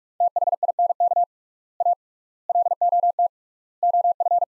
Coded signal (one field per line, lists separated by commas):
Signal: Morse code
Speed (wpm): 46 wpm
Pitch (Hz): 700 Hz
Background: none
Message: THINK A LOT OF